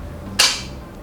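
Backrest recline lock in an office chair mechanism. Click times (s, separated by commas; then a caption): 0.4 s. The backrest recline lock in the mechanism of a Workscape Prato EM-209E office chair clacks back into place at 0.4 s after being unlocked and leaned forward on slightly. There is a single sharp, bright clack over a low, steady background hum. The backrest springs back to its original position and is locked again.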